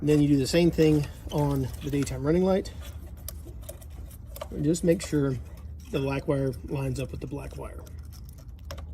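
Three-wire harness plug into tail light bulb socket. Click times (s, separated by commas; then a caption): 8.7 s. A new three-wire plastic harness plug is pushed into the daytime running light socket of a Chevy Silverado tail light, with the black wire lined up to the black wire, while someone talks. After the talking stops, small plastic handling ticks lead up to a sharp click at 8.7 s as the plug seats in the socket.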